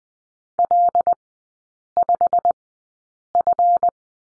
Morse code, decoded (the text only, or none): L5F